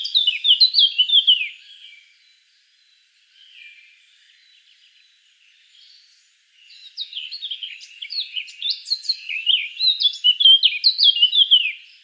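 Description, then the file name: Eurasian blackcap song: a rapid, rich warbled phrase of varied chirps and fluty notes, a pause of several seconds, then a longer, busier warbling burst. "Sylvia atricapilla"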